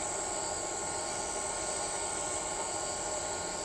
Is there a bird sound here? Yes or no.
no